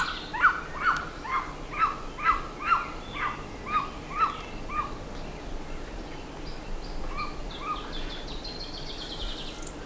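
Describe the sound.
Bird calls, loud sharp notes repeated about every half second for several seconds, then fading to a few softer notes and a high twitter at the end.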